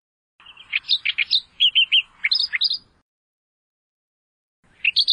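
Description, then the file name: Australian reed warbler song: a burst of harsh, chattering notes sliding and jumping between high pitches, stopping, then resuming briefly near the end. "suara kicauan burung kerakbasi australia. omkicau"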